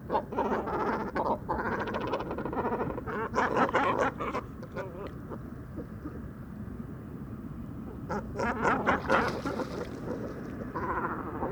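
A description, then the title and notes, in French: Great cormorants at a roost on a lakeshore, giving harsh, guttural croaks and gargling calls in bursts, busiest in the first four seconds and again around eight to ten seconds. A steady low rumble of wind or water runs underneath throughout. Dortoir de Grands cormorans. Bord du Vaccarès - Camargue - Mixp3 - mkh40. Les Grands cormorans (Phalacrocorax carbo) se rassemblent sur les piquets installés par les pêcheurs et vont passer ici la nuit, mais il n'y a pas de la place pour tous. Alors, les conflits sont incessants jusqu'à la nuit avant que n'arrive le silence.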